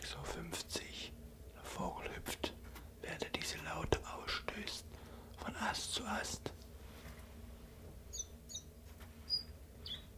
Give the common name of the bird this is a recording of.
Common Chiffchaff